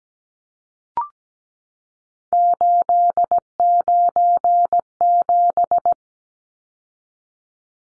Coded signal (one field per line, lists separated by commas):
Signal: Morse code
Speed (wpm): 17 wpm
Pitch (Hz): 700 Hz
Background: none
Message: 897